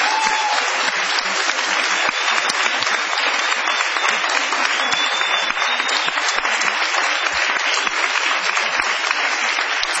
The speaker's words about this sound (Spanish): Muy amables, mucha gente hoy en el galponcito. Vamos a prolongar la ovación para honrar a Patricio Barton.